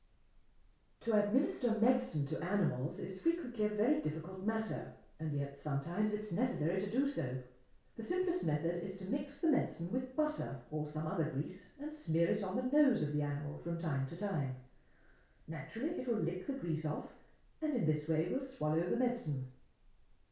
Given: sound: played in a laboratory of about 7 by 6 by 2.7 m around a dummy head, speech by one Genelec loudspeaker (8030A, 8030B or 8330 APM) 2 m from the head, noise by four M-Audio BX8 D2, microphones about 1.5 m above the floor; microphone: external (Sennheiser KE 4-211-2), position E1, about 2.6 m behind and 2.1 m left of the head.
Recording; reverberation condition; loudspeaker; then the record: female speech in English; medium; 150 degrees to the left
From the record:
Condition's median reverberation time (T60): about 510 ms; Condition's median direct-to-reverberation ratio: about -0.5 dB